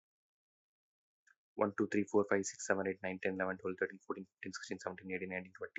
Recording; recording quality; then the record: counting at a fast pace; excellent, no background noise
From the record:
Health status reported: healthy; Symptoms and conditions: none ticked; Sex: male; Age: 34 years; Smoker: not ticked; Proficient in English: yes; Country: India